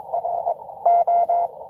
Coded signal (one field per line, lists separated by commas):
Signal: Morse code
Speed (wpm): 23 wpm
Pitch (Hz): 690 Hz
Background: none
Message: R O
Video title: N2AKJ is live! doing a 12days of xmas pota #12daysofxmas #n2akj #pota #morsecode